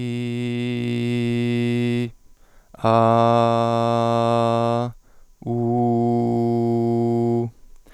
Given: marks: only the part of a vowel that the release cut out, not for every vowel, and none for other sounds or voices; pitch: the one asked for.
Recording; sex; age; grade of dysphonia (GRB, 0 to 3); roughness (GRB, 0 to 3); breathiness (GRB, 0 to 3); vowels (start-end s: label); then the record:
sustained vowels; male; 30 to 39 years; 0; 0; 0
0.00-1.98 s: vowel /i/, normal pitch
2.90-4.77 s: vowel /a/, normal pitch
5.56-7.38 s: vowel /u/, normal pitch
From the record:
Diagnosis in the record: contact pachydermia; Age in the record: 31 years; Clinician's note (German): Kontaktpachydermie ohne "Kontaktpachydermie" bei Stimmberuf